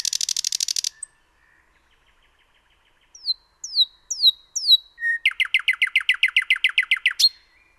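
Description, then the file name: Common nightingale song: a buzzy rattling trill, a pause, several clear down-slurred whistles, then a long run of rapid, evenly repeated throbbing notes. "Luscinia megarhynchos 180914"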